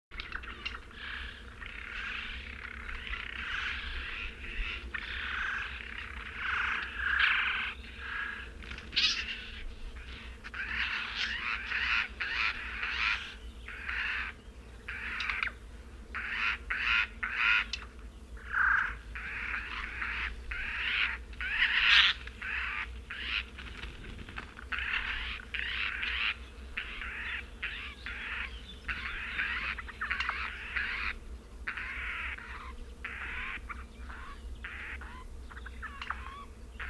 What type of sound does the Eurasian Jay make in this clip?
song